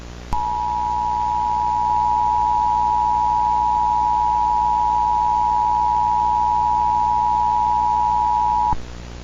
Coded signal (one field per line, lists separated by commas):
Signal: Emergency Alert System (SAME) tones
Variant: 853 and 960 Hz attention tone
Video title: EAS Scenario: Black Stick Men (Analog Horror)